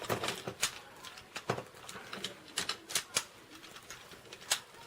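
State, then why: Not seated. The plastic peg side of a combining toy robot's antelope part is handled and pushed toward the socket in the robot's rear. Short, sharp plastic knocks and rattles are heard around 0.6, 3.0, 3.2 and 4.5 seconds over quiet handling noise. The part has not yet seated or clicked into place.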